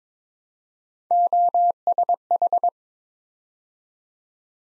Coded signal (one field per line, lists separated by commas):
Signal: Morse code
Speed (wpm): 26 wpm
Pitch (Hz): 700 Hz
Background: none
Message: OSH